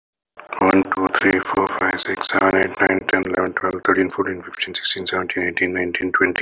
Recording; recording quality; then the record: counting at a fast pace; excellent, no background noise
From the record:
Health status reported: respiratory illness, not identified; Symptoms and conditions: hypertension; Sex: male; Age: 52 years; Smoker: yes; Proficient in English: yes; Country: India